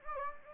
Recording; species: mosquito wingbeat signal from an infrared sensor; Anopheles gambiae